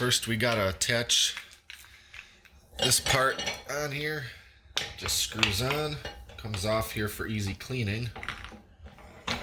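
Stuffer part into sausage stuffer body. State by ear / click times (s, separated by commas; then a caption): not seated / none. A part is handled while a vertical sausage stuffer is assembled; it is meant to slide into the metal stuffer body and lock in place. Someone talks throughout, with a few light metallic knocks and taps around 1.7 s, 2.1–2.2 s and 8.4 s. Nothing has seated or clicked yet.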